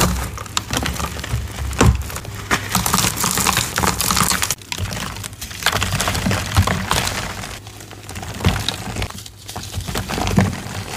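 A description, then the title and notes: Gym chalk is crushed, a dense, bright crumbling crackle with sharper snaps near two, eight and nine seconds. Random Gym Chalk Crushes.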